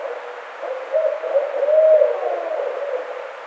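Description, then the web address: Barred owl hoot, a low wavering call that swells to a drawn-out note near the middle and then fades, over background hiss. Recorded 4 May 2009. "sounds birds Barred Owl 2009 05 04 Barred Owl"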